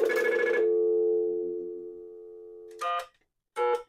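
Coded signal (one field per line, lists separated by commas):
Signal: telephone call progress tone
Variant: North America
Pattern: dial tone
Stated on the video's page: Prepay payphone controller adding a Dial Tone First function, providing coin control for Western Electric and other makers' payphones.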